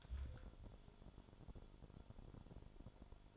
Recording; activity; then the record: daily activity, microphone in the room; take from stove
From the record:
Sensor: 5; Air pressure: 1008.1 hPa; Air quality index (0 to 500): 118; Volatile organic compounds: 1 ppm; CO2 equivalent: 910 ppm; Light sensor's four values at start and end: 28/62/26/26 and 28/61/26/26